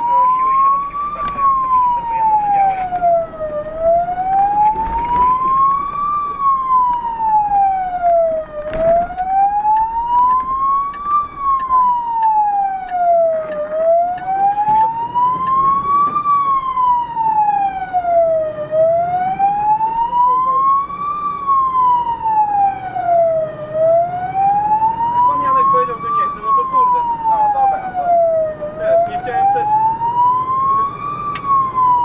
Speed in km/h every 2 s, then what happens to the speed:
22, 24, 28, 28, 24, 20, 4, 4, 16, 24, 28, 34, 40, 43, 46, 51.
0-4 speeds up to 28. 7-12 brakes to 4. 14-32 speeds up to 51.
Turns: 10-16.